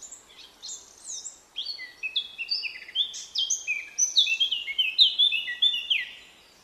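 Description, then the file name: Eurasian blackcap delivering a long, tumbling warble of short high notes and downward slurs, building in strength before fading out. "Sylvia atricapilla"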